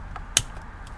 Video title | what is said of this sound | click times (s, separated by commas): BEST BMW E46 Business CD Bluetooth Adapter (UPDATED LINK IN DESCRIPTION) | And then right here, just push it down, make sure it snaps into place, just like that. | 0.4 s